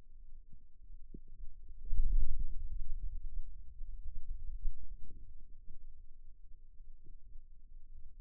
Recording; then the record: forearm muscle sounds (acoustic myography)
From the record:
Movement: ulnar deviation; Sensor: system 2, bracelet of six BSWA MPA416 microphones around the upper forearm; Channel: 5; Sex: male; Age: 22 years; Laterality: right